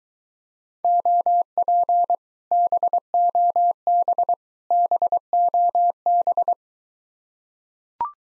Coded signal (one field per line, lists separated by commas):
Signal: Morse code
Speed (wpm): 23 wpm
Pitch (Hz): 700 Hz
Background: none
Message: OP BOB BOB